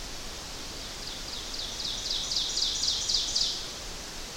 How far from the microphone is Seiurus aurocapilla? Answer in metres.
about 35 m